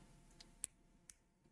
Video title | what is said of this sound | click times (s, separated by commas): Building a LEGO x Yugioh Dark Magician! | Kind of satisfying. Hopefully, you could hear that. | 0.6 s